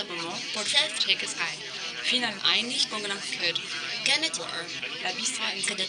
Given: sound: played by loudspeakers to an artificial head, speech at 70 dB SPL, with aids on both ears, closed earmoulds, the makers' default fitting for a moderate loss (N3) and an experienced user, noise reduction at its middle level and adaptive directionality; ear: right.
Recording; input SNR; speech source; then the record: speech test signal (ISTS) in cocktail-party noise; +3 dB; in front (0 degrees)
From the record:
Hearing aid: class 2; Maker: A